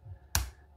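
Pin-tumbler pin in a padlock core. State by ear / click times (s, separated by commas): seated / 0.4 s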